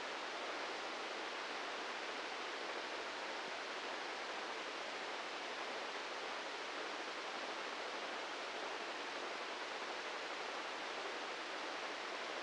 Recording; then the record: brain microelectrode recording played as sound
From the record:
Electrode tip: inside the subthalamic nucleus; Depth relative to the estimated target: 0 mm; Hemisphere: left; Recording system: NeuroSet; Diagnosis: Parkinson's disease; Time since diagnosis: 15 years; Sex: male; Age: 65 years